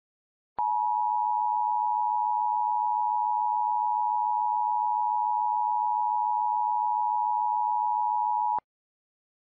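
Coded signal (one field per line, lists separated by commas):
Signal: Emergency Alert System (SAME) tones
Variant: 853 and 960 Hz attention tone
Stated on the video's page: Mock EAS alert made with an IntelliSTAR emulator.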